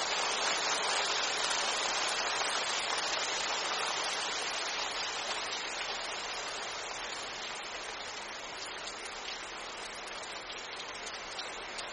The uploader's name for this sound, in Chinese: 明山竹林听雨